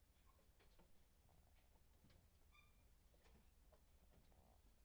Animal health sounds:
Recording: poultry house recording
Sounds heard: sick chickens (respiratory disease)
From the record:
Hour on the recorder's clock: 23

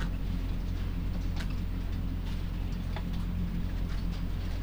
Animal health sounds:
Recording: poultry house recording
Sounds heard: sick chickens (respiratory disease)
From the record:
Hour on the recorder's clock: 23

